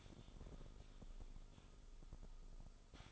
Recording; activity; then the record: daily activity, microphone in the room; typing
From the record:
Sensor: 5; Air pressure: 988.8 hPa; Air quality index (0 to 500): 235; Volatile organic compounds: 193 ppm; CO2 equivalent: 4189 ppm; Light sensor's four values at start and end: 39/124/48/51 and 39/124/48/51